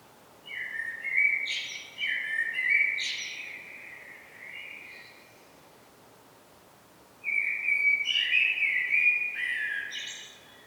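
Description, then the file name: Common blackbird song with two separate phrases, each a mellow fluted warble topped by squeaky high notes, separated by a pause of about two seconds. "Turdus merula"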